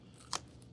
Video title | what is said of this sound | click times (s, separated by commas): Global Archery Overview with John Jackson | to line you up see you can hear that snap it just helps you line up that velcro | 0.3 s